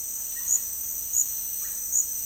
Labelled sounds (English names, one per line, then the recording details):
Russet-backed Oropendola
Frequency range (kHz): Russet-backed Oropendola 0.8-2.7 kHz
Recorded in dense forest near Puerto Asís, Putumayo, Colombia, on 20 February 2024 at 08:30
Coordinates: 0.485, -76.318
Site G6408